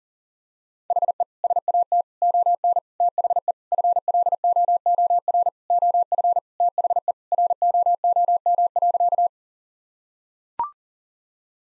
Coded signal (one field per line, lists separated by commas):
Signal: Morse code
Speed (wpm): 40 wpm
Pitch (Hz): 700 Hz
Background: none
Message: HE SAT ON THE FLOOR OF THE ROOM.